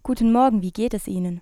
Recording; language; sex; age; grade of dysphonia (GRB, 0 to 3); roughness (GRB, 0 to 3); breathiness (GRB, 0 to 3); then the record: spoken sentence; German; female; 20 to 29 years; 0; 0; 0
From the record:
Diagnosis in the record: healthy voice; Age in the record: 20 years